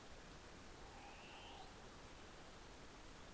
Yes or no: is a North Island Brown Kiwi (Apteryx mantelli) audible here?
no